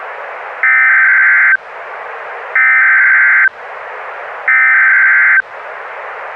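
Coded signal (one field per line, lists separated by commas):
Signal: Emergency Alert System (SAME) tones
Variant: header bursts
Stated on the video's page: Mock of 2011 National EAS Test hijacking via NOAA Weather Radio retransmission; simulated found footage.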